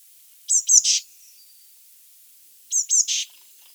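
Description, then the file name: Eurasian blue tit calls, two quick high notes followed by a harsher scratchy note, the pattern given twice. "Cyanistes caeruleus"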